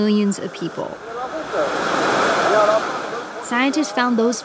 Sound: soundbite of water rushing

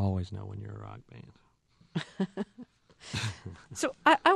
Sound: laughter

